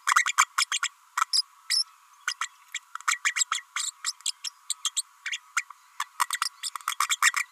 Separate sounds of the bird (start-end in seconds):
0.26-0.32, 0.38-0.46, 0.57-0.65, 0.71-0.79, 0.82-0.89, 1.21-1.25, 1.33-1.41, 1.70-1.84, 2.27-2.35, 2.41-2.48, 2.74-2.79, 3.07-3.18, 3.35-3.44, 3.51-3.63, 3.75-3.91, 4.04-4.12, 4.25-4.31, 4.44-4.50, 4.69-4.74, 4.84-4.90, 4.96-5.02, 5.25-5.39, 5.56-5.64, 6.00-6.06, 6.20-6.26, 6.63-6.70, 6.87-6.96, 7.09-7.17, 7.22-7.31